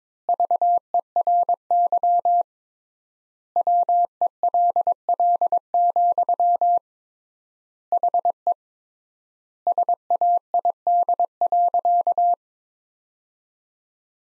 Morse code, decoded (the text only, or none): VERY WELL, HE SAID.